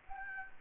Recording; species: mosquito wingbeat signal from an infrared sensor; Anopheles gambiae